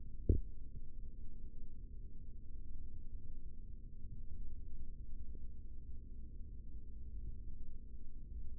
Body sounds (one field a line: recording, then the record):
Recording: forearm muscle sounds (acoustic myography)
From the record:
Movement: rest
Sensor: system 3, bracelet of six PUI Audio POM-2738L microphones around the upper forearm, with dedicated amplification and filtering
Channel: 2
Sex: male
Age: 55 years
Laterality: right